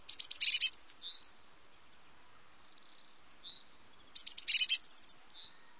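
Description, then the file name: Eurasian blue tit singing two high phrases: quick stuttered notes, then short downslurred whistles. A few faint soft chips fall in the quiet gap between them. "Mesange bleue"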